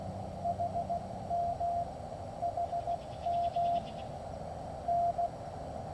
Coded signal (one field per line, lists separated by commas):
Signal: Morse code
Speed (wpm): 16 wpm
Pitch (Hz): 690 Hz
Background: none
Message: HM HM N